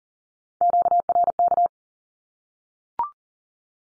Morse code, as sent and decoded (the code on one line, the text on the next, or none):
--.- .-. -.-
QRK